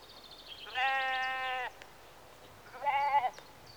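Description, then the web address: Sheep bleating twice, a long steady bleat followed by a shorter wavering one, with faint bird calls behind. Sheep in a rural exterior atmosphere, early evening, recorded mid close. "BBC Sound Effects Library BBC 52-Exterior Atmospheres-Rural Backg 10 Sheep Early Evening-Mid Close"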